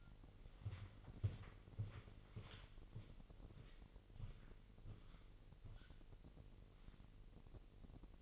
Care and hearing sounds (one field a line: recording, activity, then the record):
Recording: daily activity, microphone in the room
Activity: walk to room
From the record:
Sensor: 4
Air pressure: 1002.8 hPa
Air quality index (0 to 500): 248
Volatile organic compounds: 10 ppm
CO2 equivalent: 2212 ppm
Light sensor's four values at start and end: 13/29/12/12 and 13/30/12/12